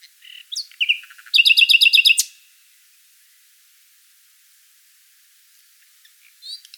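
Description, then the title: Common nightingale song: a few short notes, then a rapid run of loud repeated chirps, silence, and a brief phrase at the end. "Sylvain Jaskowiak - Mes piafs. Rossignol Philomèle"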